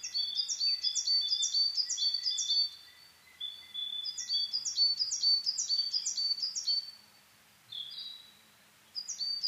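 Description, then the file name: Coal tit song in two lively bursts of high, quickly repeated notes, then quieter scattered notes, with lower steady whistles beneath. Recorded 22 May 2010 at 17:41, Japan. "higara-20100522-1741"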